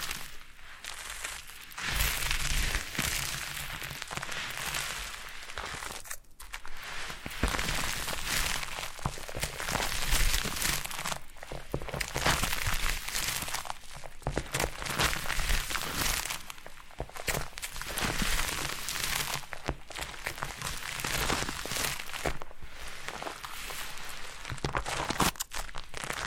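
Foam massage: a dense, scrubbing and squishing texture of foam being rubbed, continuous and bright with a crinkly edge. The rubbing comes in uneven strokes, with brief pauses near 2, 6 and 16 seconds before resuming at a similar level.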